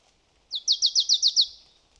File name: Poecile palustris